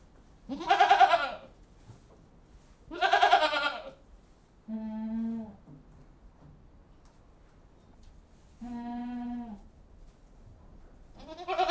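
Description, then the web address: Goats bleating, several calls a few seconds apart, loud wavering cries and lower, steadier, softer bleats. General atmosphere inside a goat house; livestock. "BBC Sound Effects Library Livestock General Atmosphere In Goat-House"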